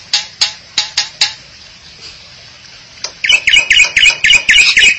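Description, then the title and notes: Starling or myna calls: five sharp clicks, a pause, then a fast run of harsh, squawking notes repeated about four times a second. "suara burung jalak"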